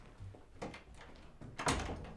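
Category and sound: sound effect, door opening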